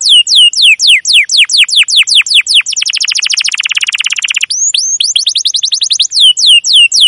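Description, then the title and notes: Domestic canary song: a steady series of high descending chirps breaking into a fast rattling trill, then more sweeping downward notes. Long chirping song used as a lure to train other canaries, especially young birds learning their sound. "CUIT CUIT NGEROL LANGSUNG GACOR PANJANG Kenari Ini AMPUH Utk Pancingan KENAR. PANCINGAN Kenari GACOR PANJANG Cuit CUIT EMOSI ini AMPUH utk MASTERAN Kenari PAUD belajar BUNYI. burung kenari"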